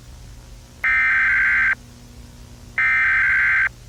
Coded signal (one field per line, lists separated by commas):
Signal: Emergency Alert System (SAME) tones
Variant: header bursts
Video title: 2011 National EAS Hijack - A Short EAS Scenario